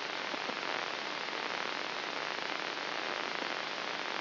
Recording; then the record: brain microelectrode recording played as sound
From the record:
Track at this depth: outside the subthalamic nucleus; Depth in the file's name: 5.898 mm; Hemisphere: left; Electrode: 3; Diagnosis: Parkinson's disease